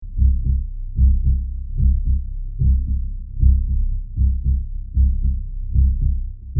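Steady low paired thumps repeat at about 75 beats a minute, each lub followed closely by a softer dub. The rhythm is regular with no other sounds.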